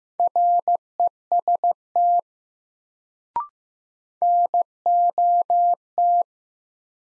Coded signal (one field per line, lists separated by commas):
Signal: Morse code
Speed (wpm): 16 wpm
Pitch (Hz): 700 Hz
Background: none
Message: REST NOT